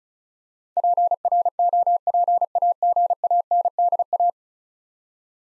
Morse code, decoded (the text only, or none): PROPAGANDA